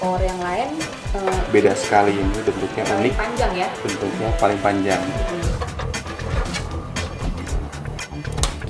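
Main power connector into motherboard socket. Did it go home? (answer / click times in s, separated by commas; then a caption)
yes / 8.4 s. Someone talks over background music while the longest power connector, most likely the ATX main power plug, is pressed into its motherboard socket during a Pentium 4 PC build. A sharp click at 8.4 s is the latch on the side catching, and the connector is seated.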